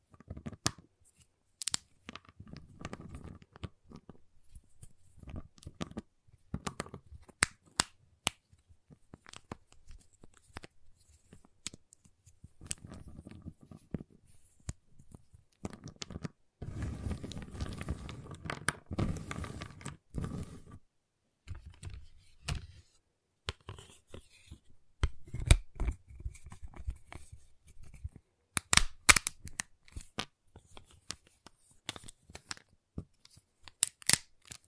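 A giant chocolate bar is tapped, cut and snapped in bursts of sharp cracks and crinkly tearing, densest around seventeen to twenty seconds.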